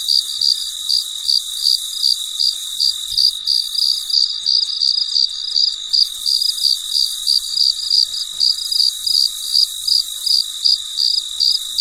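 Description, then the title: Cricket chirps, high and pulsed, repeating about three times a second without pause over a constant shrill background. Late at night in a very quiet setting. "深夜录制蟋蟀昆虫声"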